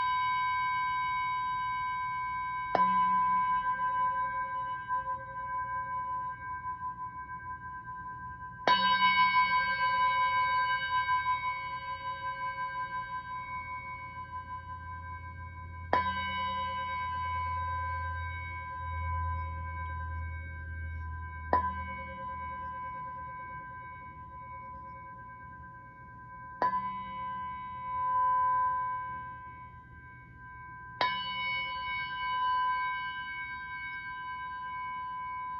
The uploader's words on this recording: Jupiter Gong Sound Immersion. The Jupiter gong resonates at the approximate musical note of F#.